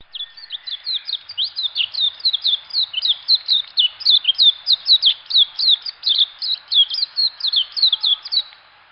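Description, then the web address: Bird calling in a rapid series of high, sharp chirps, about three or four per second, steady throughout with a faint background hiss. Recorded in Higashiosaka, Japan. "higashiosaka bird koe"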